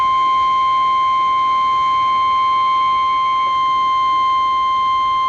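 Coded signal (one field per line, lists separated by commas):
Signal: Emergency Alert System (SAME) tones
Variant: 1050 Hz attention tone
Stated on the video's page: Real severe thunderstorm warning received off NOAA Weather Radio.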